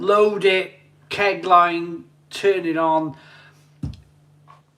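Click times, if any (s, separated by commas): 3.8 s, 3.9 s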